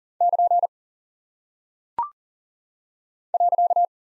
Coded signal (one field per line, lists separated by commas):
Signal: Morse code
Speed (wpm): 40 wpm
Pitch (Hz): 700 Hz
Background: none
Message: <KN> .